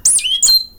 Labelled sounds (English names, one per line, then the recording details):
Stitchbird song
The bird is a male
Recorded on Tiritiri Matangi Island, New Zealand, in 2005
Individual 17, of nest box 25